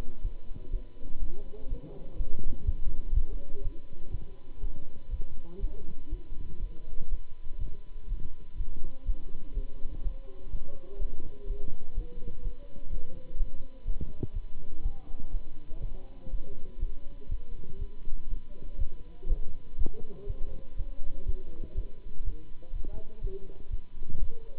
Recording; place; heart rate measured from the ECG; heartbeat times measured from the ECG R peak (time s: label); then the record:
heart sounds by stethoscope; between the tricuspid and mitral areas; 123 bpm
0.21 s: heartbeat
0.69 s: heartbeat
1.18 s: heartbeat
1.67 s: heartbeat
2.15 s: heartbeat
2.64 s: heartbeat
3.12 s: heartbeat
3.61 s: heartbeat
4.10 s: heartbeat
4.59 s: heartbeat
5.09 s: heartbeat
5.58 s: heartbeat
6.08 s: heartbeat
6.58 s: heartbeat
7.08 s: heartbeat
7.57 s: heartbeat
8.06 s: heartbeat
8.55 s: heartbeat
9.04 s: heartbeat
9.53 s: heartbeat
10.01 s: heartbeat
10.49 s: heartbeat
10.98 s: heartbeat
11.45 s: heartbeat
11.93 s: heartbeat
12.41 s: heartbeat
12.89 s: heartbeat
13.36 s: heartbeat
13.84 s: heartbeat
14.32 s: heartbeat
14.81 s: heartbeat
15.30 s: heartbeat
15.79 s: heartbeat
16.29 s: heartbeat
16.78 s: heartbeat
17.28 s: heartbeat
17.78 s: heartbeat
18.27 s: heartbeat
18.77 s: heartbeat
19.27 s: heartbeat
19.76 s: heartbeat
20.26 s: heartbeat
20.75 s: heartbeat
21.24 s: heartbeat
21.74 s: heartbeat
22.23 s: heartbeat
22.72 s: heartbeat
23.20 s: heartbeat
23.69 s: heartbeat
24.18 s: heartbeat
From the record:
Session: Bruce protocol treadmill stress test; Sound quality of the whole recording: good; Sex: male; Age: 26 years